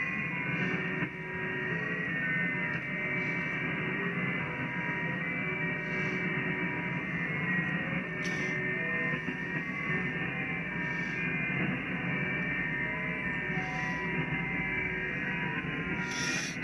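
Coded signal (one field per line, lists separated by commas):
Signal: JT65, JT9 or WSPR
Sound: several faint steady tones at different pitches over hissing static, shifting slowly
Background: radio static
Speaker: a lot of digital signals come ashore jt65 there's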